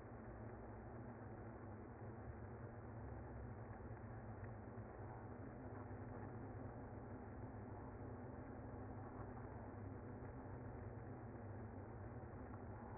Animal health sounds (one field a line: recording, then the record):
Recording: honeybee colony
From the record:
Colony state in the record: active